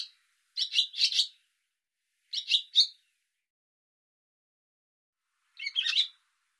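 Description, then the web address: Bird calling in scattered bursts of scratchy chirps, two and three notes at a time, with silent gaps between groups. "cianscape birddata Deverinetal 2025"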